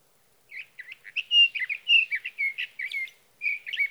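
Sage thrasher song: a hurried sequence of warbled and whistled slurs, briefly pausing before one final phrase.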